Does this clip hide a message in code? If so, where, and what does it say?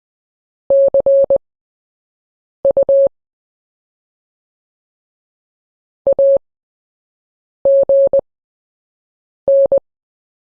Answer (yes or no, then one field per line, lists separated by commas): yes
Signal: Morse code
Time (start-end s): 0.7-9.8 s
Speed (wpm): 20 wpm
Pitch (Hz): 550 Hz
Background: none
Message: CU AGN